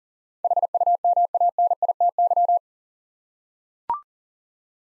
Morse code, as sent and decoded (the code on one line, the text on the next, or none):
.... ..- -- .- -. .. - -.--
HUMANITY